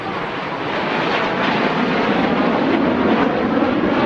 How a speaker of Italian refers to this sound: Sentiamo aerei, sentiamo aerei, allora, eccoci.